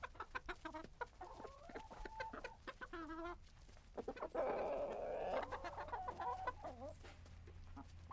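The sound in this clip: Chickens cluck and call repeatedly in quick short bursts, with a longer squawking passage midway and a low hum through the second half.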